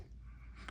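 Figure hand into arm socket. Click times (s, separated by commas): 0.7 s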